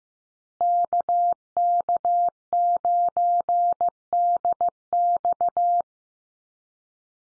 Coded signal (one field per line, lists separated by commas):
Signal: Morse code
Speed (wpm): 15 wpm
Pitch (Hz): 700 Hz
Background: none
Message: KK9DX